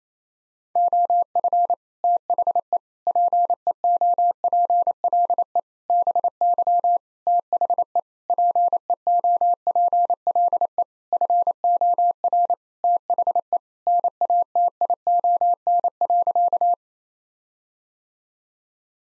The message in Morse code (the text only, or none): OF THE PEOPLE BY THE PEOPLE FOR THE NATION.